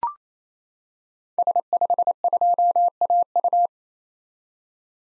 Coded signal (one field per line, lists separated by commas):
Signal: Morse code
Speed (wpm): 28 wpm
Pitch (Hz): 700 Hz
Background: none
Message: S52AU